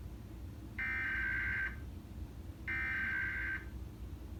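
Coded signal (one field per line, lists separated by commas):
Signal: Emergency Alert System (SAME) tones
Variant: header bursts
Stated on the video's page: National EAS test relayed in English and Spanish by FM and TV broadcast stations; some relays repeated the SAME headers up to three times.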